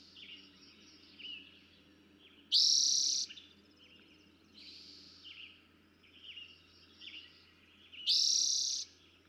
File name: Eastern Towhee